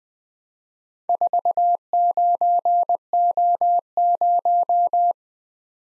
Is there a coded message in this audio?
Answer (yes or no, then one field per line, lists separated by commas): yes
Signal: Morse code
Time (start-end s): 1.1-5.1 s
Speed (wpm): 20 wpm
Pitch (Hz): 700 Hz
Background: none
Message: 49O0